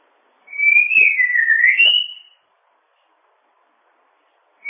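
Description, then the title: Bird song: one wavering high whistle that dips and rises again over about two seconds, followed by silence. "kikicau"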